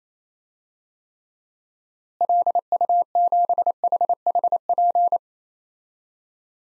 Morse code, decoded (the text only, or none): LU7HHP